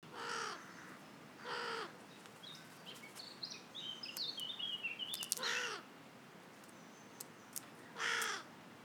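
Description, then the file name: Carrion crow giving rough, grating caws, two early, one midway and one at the end, while a small bird twitters and chips between them. "Corvus corone"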